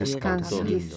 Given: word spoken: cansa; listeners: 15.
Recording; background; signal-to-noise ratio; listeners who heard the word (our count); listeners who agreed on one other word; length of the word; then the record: one Spanish word in noise, from a listening test; four-talker babble; -2.3 dB; 0 of 15; 14 of 15; 0.57 s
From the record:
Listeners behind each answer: 14, 1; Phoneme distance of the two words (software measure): 21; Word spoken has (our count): 2 syllables, 5 phonemes, stress on syllable 1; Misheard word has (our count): 3 syllables, 8 phonemes, stress on syllable 2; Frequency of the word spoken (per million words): 2.87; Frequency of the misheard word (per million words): 7.24